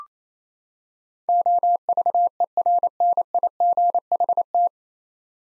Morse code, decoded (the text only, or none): OVERNIGHT